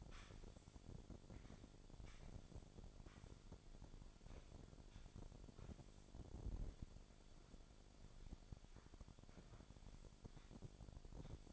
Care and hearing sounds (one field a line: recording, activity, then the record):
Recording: daily activity, microphone in the room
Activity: sweep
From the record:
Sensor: 5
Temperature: 26.3 degrees Celsius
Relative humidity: 38.1%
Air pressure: 1007.1 hPa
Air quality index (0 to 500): 179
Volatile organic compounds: 5 ppm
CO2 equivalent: 1708 ppm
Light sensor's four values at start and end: 56/158/61/62 and 55/158/61/61